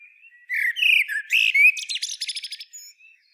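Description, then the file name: Common blackbird song phrase: several mellow whistled notes followed by a quick run of high, scratchy twitters, with a faint thin note at the end. "Turdus merula"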